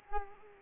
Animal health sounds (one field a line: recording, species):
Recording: mosquito wingbeat signal from an infrared sensor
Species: Culex quinquefasciatus